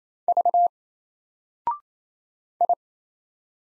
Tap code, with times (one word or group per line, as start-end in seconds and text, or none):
none